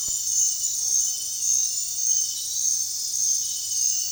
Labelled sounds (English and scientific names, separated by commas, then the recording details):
none
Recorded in dense forest near Puerto Asís, Putumayo, Colombia, on 23 June 2025 at 22:00
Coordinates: 0.466, -76.327
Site GP04